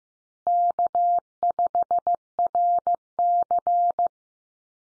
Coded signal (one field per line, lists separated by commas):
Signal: Morse code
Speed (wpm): 15 wpm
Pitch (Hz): 700 Hz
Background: none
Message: K5RC